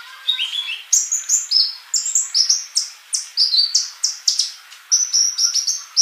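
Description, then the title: Bird song, a busy stream of high whistled notes, several falling in pitch, delivered almost without pause. "Kicau Burung"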